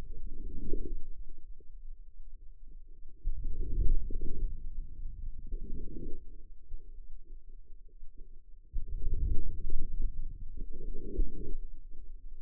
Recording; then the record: forearm muscle sounds (acoustic myography)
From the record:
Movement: outward rotation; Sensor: system 2, bracelet of six BSWA MPA416 microphones around the upper forearm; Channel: 6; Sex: female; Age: 25 years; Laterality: right